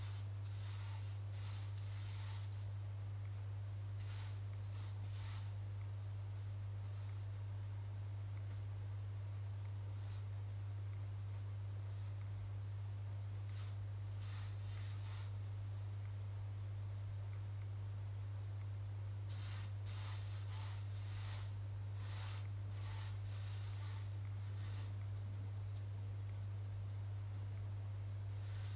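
Wheat being sorted by hand, with bright rustling, hissing bursts coming in clusters, thickest early on and again around the twenty-second mark. A steady low hum runs underneath the whole time, and a thin, constant high buzz of cicadas sits in the background.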